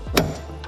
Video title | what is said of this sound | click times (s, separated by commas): How to Install a BMW X5 Stealth Hitch the EASY Way (No Taillight Removal!) | Watch how I go. It's going to click. Ready? Hear | 0.2 s